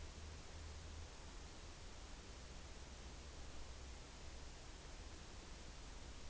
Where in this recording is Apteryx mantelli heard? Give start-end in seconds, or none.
none